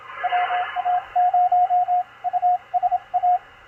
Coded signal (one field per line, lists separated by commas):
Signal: Morse code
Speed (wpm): 32 wpm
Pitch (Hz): 720 Hz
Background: radio noise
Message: WA0USA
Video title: DECODING MORSE CODE ON 20M - MACHILITE DSP SDR RECEIVER 9-16-2021